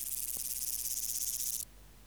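Omocestus antigai grasshopper song: a hissing, finely pulsed buzz about one and a half seconds long, already running at the start, then stopping abruptly, leaving quiet background.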